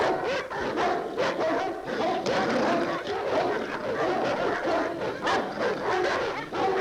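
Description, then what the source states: Dogs barking in a dense, continuous chorus, overlapping barks blending into a steady din with few clear gaps. Multiple dogs barking.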